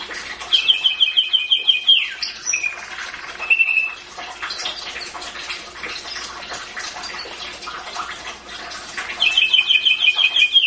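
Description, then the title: Atlantic canary singing continuously, with bright rattling trills, a falling slur and steady chirping, then a loud rolling trill returning near the end. Champion singing canary. "Kicau Burung Kenari Juara"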